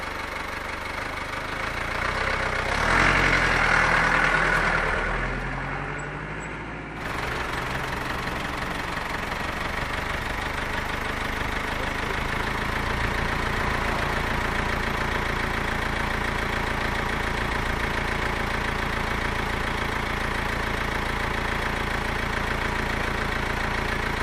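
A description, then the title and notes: A diesel truck idles with a steady low rumble and a fast, even chugging throughout. Around three to seven seconds the engine surges louder and brighter, then the sound shifts abruptly and settles back into a constant idle with a faint whine above it. Diesel Truck Idling.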